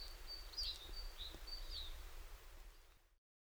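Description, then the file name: Great tit giving a few high thin notes, flat tones alternating with downslurred chips, before the sound cuts off abruptly near the end. "Parus major"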